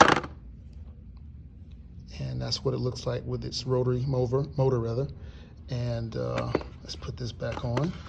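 An Andis Revite cordless clipper with a rotary motor has its blade assembly handled as it is about to go back onto the clipper body; a brief sharp knock opens the clip, followed by a quiet stretch and then someone talking. Nothing has seated or clicked into place yet by the end.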